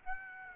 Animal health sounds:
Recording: mosquito wingbeat signal from an infrared sensor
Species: Aedes aegypti

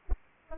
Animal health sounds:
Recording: mosquito wingbeat signal from an infrared sensor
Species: Aedes aegypti

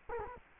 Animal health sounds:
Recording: mosquito wingbeat signal from an infrared sensor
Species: Culex quinquefasciatus

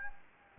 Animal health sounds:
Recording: mosquito wingbeat signal from an infrared sensor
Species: Anopheles gambiae

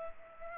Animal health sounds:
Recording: mosquito wingbeat signal from an infrared sensor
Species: Culex pipiens

